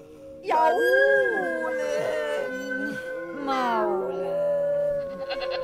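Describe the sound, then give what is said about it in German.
A human voice imitates a drawn-out, whining howl, with wavering, sliding pitch that rises and falls across several seconds, then trails off into a lower moan. “Jaulen, maulen, seufzen, kläglich mecken, plärren, stöhnen, winseln, man.”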